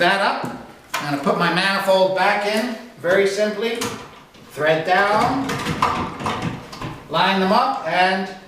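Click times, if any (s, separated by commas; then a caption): none. A manifold is put back into a chemical dispenser, threaded down and its fittings lined up, while someone talks. A few short handling knocks are heard, and nothing has seated or clicked yet.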